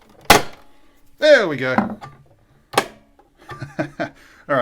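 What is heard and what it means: A plastic cover panel is pushed up and in on a sewing machine body until it latches home with a loud, sharp click at 0.3 s, seating it properly. Someone then talks, with another short sharp tap near 2.8 s and a few softer knocks after.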